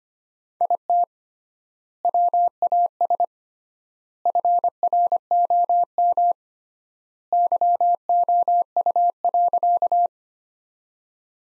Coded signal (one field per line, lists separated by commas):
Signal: Morse code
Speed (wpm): 25 wpm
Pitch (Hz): 700 Hz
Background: none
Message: IT WAS FROM YOU.